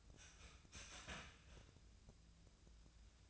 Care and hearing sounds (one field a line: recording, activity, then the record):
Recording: daily activity, microphone in the room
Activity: start toaster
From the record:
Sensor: 2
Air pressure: 1009.1 hPa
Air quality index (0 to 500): 186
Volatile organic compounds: 11 ppm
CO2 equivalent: 2313 ppm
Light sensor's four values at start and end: 23/56/24/26 and 23/56/24/26